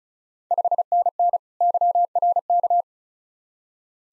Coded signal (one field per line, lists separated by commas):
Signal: Morse code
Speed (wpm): 36 wpm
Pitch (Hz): 700 Hz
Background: none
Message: 5NN YRK